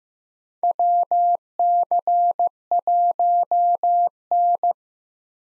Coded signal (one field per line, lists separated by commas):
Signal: Morse code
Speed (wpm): 15 wpm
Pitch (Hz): 700 Hz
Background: none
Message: WC1N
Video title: 2023 POTA Activator Call Signs - 15wpm